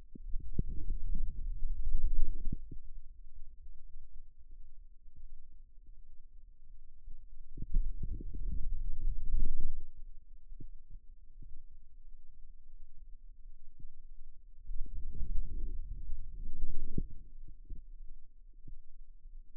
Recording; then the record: forearm muscle sounds (acoustic myography)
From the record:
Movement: wrist flexion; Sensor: system 2, bracelet of six BSWA MPA416 microphones around the upper forearm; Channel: 2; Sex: male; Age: 22 years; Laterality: right